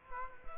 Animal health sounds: mosquito wingbeat signal from an infrared sensor; Culex quinquefasciatus

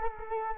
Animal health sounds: mosquito wingbeat signal from an infrared sensor; Culex quinquefasciatus

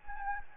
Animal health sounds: mosquito wingbeat signal from an infrared sensor; Anopheles gambiae

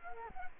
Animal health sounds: mosquito wingbeat signal from an infrared sensor; Culex quinquefasciatus

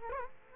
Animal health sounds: mosquito wingbeat signal from an infrared sensor; Culex quinquefasciatus

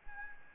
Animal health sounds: mosquito wingbeat signal from an infrared sensor; Aedes albopictus

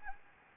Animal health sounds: mosquito wingbeat signal from an infrared sensor; Anopheles gambiae

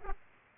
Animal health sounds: mosquito wingbeat signal from an infrared sensor; Aedes aegypti

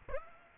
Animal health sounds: mosquito wingbeat signal from an infrared sensor; Aedes aegypti

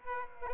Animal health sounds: mosquito wingbeat signal from an infrared sensor; Aedes aegypti

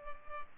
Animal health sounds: mosquito wingbeat signal from an infrared sensor; Culex pipiens

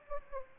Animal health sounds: mosquito wingbeat signal from an infrared sensor; Aedes aegypti

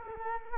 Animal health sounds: mosquito wingbeat signal from an infrared sensor; Culex quinquefasciatus

